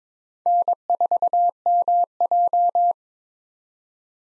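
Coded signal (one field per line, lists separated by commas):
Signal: Morse code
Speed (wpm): 22 wpm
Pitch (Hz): 700 Hz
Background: none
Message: N4MJ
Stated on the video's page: Computer-generated head-copy drill of common SOTA chaser callsigns at 22 wpm, each sent in Morse, spoken, then sent again.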